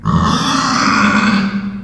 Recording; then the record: squeal of a Yucatan mini pig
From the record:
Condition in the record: after surgery on the right vocal fold (resection and tissue-engineered implant); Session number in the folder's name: 16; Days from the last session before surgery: 183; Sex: female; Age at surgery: 19 weeks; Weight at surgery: 25 kg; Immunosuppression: prednisolone